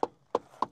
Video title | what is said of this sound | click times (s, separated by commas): DELAHAYE 235 TARGA carrosserie ANTEM de 1952 à vendre chez GT VINTAGE CLASSIC CARS | Voilà, je fais la transformation. Les deux montants de chaque côté qui se clipsent et viennent s'attacher ici. | 0.0 s, 0.4 s, 0.6 s